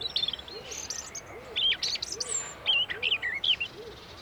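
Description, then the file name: European robin uttering scattered high, squeaky whistled notes, with a low soft coo repeating steadily behind. "Erithacus rubecula"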